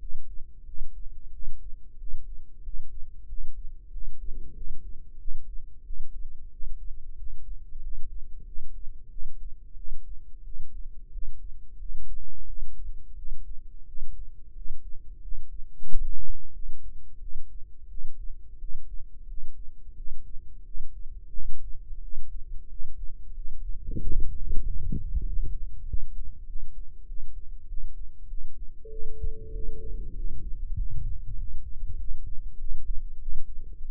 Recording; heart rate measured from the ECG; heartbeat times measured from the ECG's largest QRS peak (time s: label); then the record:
heart sounds by microphone in the left ear; 92 bpm
0.65 s: heartbeat
1.31 s: heartbeat
1.97 s: heartbeat
2.62 s: heartbeat
3.27 s: heartbeat
3.90 s: heartbeat
4.53 s: heartbeat
5.18 s: heartbeat
5.83 s: heartbeat
6.50 s: heartbeat
7.16 s: heartbeat
7.80 s: heartbeat
8.44 s: heartbeat
9.09 s: heartbeat
9.75 s: heartbeat
10.43 s: heartbeat
11.11 s: heartbeat
11.78 s: heartbeat
12.45 s: heartbeat
13.15 s: heartbeat
13.85 s: heartbeat
14.54 s: heartbeat
15.20 s: heartbeat
15.86 s: heartbeat
16.52 s: heartbeat
17.19 s: heartbeat
17.87 s: heartbeat
18.58 s: heartbeat
19.26 s: heartbeat
19.94 s: heartbeat
20.63 s: heartbeat
21.31 s: heartbeat
22.00 s: heartbeat
22.67 s: heartbeat
23.33 s: heartbeat
23.98 s: heartbeat
24.62 s: heartbeat
25.24 s: heartbeat
25.85 s: heartbeat
26.45 s: heartbeat
27.05 s: heartbeat
27.66 s: heartbeat
28.27 s: heartbeat
28.88 s: heartbeat
29.51 s: heartbeat
30.13 s: heartbeat
30.75 s: heartbeat
31.36 s: heartbeat
31.97 s: heartbeat
32.57 s: heartbeat
33.18 s: heartbeat
33.80 s: heartbeat
From the record:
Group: healthy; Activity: rest 0-30 s, Valsalva maneuver 30-34 s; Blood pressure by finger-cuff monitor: 107/74 mmHg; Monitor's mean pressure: 84 mmHg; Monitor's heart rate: 92 bpm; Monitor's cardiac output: 7.5 L/min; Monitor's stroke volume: 81 mL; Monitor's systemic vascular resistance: 820 dyn s/cm5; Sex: male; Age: 19 years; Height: 178 cm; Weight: 83 kg